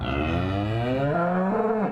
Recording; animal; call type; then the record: contact call of a hoofed animal; cattle; low-frequency (closed-mouth) or high-frequency (open-mouth) call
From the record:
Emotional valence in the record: negative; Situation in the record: full separation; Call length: 1.92 s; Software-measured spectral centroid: 1080 Hz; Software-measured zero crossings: 1100 a second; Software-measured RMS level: -24 dBFS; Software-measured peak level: -12 dBFS